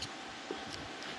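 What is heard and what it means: A repaired rear door latch from a 2011 Ford Super Duty F-250 truck is tested with a screwdriver standing in for the striker and released so it opens back up. A single sharp click at 0.0 s is followed by a steady background hiss with a couple of faint, brief sounds.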